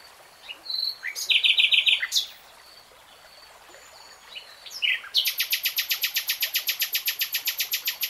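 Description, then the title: Nightingale song: rattling phrase and sharp chirps, a short pause, then a long fast trill of evenly repeated high notes lasting several seconds. Nightingale singing, from a three-hour real-time recording. "[Tiếng chim hót] REALTIME Nightingale Singing"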